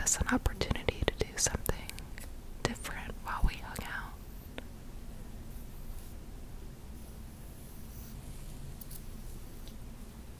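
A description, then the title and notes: Hair styling with quick snipping clicks and brushing rustles during the first four seconds, then a steady low hum. Hair brushing, hair play, hair styling.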